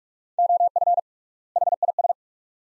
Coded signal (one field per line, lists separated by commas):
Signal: Morse code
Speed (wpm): 42 wpm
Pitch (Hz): 700 Hz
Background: none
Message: OF HIS